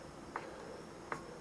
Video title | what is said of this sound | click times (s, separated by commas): Live Stream Build with Miscellaneous Topics - Stream Episode #9 | it slips right in there until it locks in place. | 0.4 s, 1.1 s